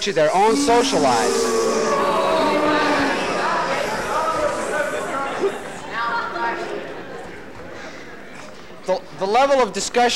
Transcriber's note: hissing